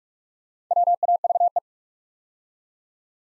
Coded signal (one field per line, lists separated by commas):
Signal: Morse code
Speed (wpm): 44 wpm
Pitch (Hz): 700 Hz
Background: none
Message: WAVE